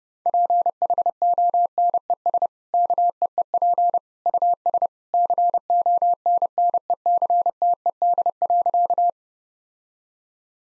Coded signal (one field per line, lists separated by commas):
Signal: Morse code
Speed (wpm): 32 wpm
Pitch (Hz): 700 Hz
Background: none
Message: PHONES KEEP US CONNECTED.